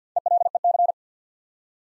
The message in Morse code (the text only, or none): ELEC